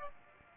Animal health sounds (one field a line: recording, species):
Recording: mosquito wingbeat signal from an infrared sensor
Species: Aedes aegypti